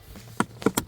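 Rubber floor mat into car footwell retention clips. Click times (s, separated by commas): 0.4 s, 0.8 s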